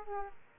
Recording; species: mosquito wingbeat signal from an infrared sensor; Aedes aegypti